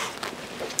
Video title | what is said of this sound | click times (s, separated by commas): COMPACT OFF-ROAD TRAVEL TRAILER - Airstream Basecamp 16X Walkthrough Tour | the entry step just tucks right away when you're done using it just pops right in | 0.8 s